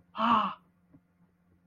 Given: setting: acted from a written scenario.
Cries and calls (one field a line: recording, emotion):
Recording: vocal sound without words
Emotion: pain